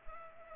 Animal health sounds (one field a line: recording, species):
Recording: mosquito wingbeat signal from an infrared sensor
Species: Culex pipiens